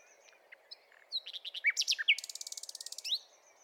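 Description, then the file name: Common nightingale phrase: a few soft chirps, then loud sharp notes running into a fast buzzy rattle lasting about a second, with low background hiss. "Luscinia megarhynchos"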